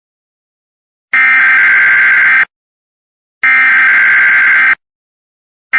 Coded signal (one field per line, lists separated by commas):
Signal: Emergency Alert System (SAME) tones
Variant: header bursts